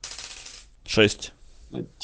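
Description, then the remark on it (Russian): During a tabletop role-playing game, a die clatters and tumbles across a hard tabletop in a rapid rattling burst, followed by a sharper knock as it settles showing six, with brief voice sounds afterward. “Если кубик на ребро встанет.”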